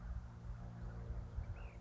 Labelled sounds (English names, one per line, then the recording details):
Ash-throated Flycatcher
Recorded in Sonoma County, California